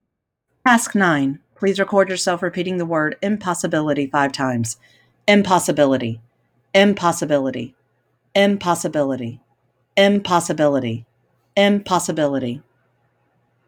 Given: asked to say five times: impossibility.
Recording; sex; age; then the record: repeated word; female; 40 to 49 years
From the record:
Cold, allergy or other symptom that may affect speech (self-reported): no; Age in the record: 43 years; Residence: North Carolina, United States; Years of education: 20